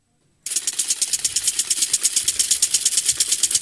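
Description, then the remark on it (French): An automatic lawn sprinkler ticks rapidly in a steady, hissy, rattling rhythm that starts abruptly after a brief silence and continues evenly at a fairly loud level, with no voices. “Mais non, c'est pas un animal, c'est un arroseur automatique.”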